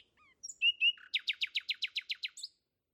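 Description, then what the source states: Common Nightingale song: a few thin notes and two clear whistles, then about ten evenly repeated notes in a fast series, ending on a higher note. Male singing at night on 13 May, from 10 p.m., near the recordist's home in Kent; recorded with a parabolic reflector about 15 feet away.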